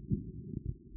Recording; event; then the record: neck accelerometer signal played as sound; no cough (speech, laughter, throat clearing or background)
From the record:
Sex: female